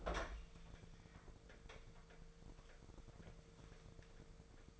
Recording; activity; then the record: daily activity, microphone in the room; open fridge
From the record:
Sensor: 5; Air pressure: 1015.0 hPa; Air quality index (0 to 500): 184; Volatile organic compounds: 7 ppm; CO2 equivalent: 2020 ppm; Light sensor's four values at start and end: 55/128/53/56 and 57/130/55/59